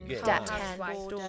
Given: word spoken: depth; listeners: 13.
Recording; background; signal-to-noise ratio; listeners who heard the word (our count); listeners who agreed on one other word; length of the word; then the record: one English word in noise, from a listening test; four-talker babble; 0.0 dB; 1 of 13; 9 of 13; 0.88 s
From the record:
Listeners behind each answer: 9, 1, 1, 1, 1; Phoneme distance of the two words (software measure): 17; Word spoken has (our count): 1 syllable, 4 phonemes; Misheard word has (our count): 1 syllable, 3 phonemes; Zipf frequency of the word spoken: 4.16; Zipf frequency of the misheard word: 4.79